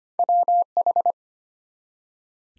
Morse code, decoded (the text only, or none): WH